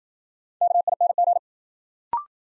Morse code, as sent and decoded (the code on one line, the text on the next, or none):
-.- .. -. --.
KING